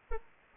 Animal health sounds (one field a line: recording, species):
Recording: mosquito wingbeat signal from an infrared sensor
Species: Anopheles arabiensis